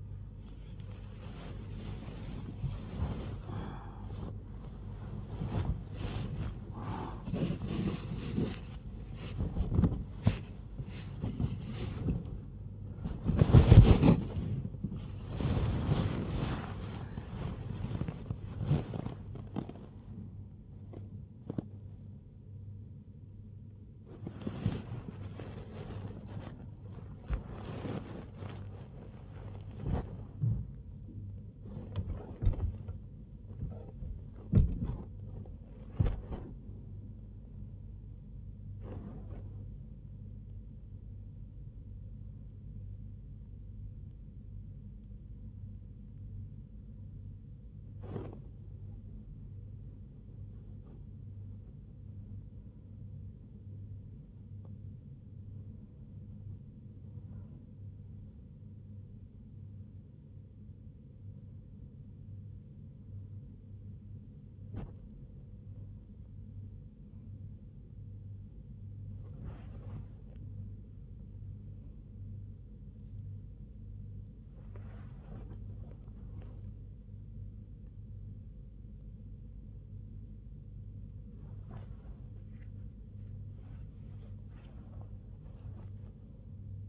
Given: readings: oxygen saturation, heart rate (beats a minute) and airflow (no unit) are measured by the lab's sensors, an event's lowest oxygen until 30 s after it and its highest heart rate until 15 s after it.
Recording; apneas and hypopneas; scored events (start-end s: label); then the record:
a person awake in a sleep study, by a smartphone at the bedside; none
none scored
From the record:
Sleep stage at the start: awake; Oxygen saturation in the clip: 97 to 99%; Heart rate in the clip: 78 to 106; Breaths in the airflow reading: 20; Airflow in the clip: -6.4 to 7.6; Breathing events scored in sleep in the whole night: 158 in 7.3 hours asleep